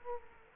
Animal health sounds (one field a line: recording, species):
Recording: mosquito wingbeat signal from an infrared sensor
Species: Culex quinquefasciatus